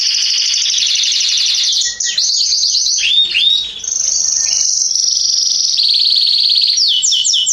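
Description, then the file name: Canary song in continuous rapid trills that switch between phrases, with a brief dip of swooping notes midway before the rolling trill resumes. "Canary Voice"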